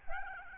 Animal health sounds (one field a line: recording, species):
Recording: mosquito wingbeat signal from an infrared sensor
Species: Aedes albopictus